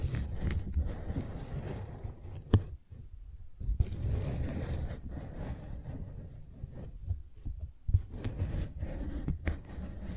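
Soft rustling and handling of flowers with low muffled thumps, crisp clicks near 2.5 and 8 seconds, and a brief quiet pause around 3.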